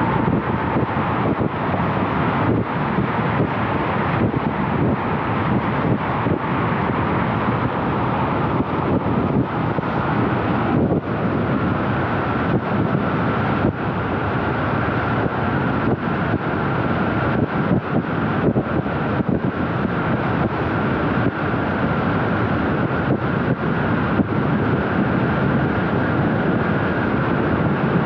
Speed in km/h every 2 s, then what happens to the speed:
88, 88, 88, 88, 88, 88, 88, 91, 102, 104, 106, 106, 105, 104.
0-12 steady at about 88. 12-16 speeds up to 102. 16-28 steady at about 104.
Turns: none.